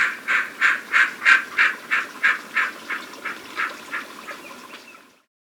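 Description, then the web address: Imperial snipe giving a steady series of rasping, nasal notes, about three per second, gradually fading in volume toward the end. Recorded in Ecuador. "Birds of Ecuador. Imperial Snipe"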